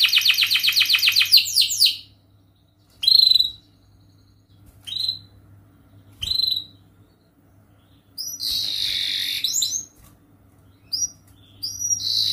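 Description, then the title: Canary song: opens with a fast rattling trill, then scattered bright chirps and a buzzy rolling phrase after pauses. Gacor canary song with best cengkok and richest isian phrases, a kicaumania recording used for training. "Kenari Gacor Cengkok Terbaik Isian Paling Mewah Kenarigacor Kicaumania Kenari"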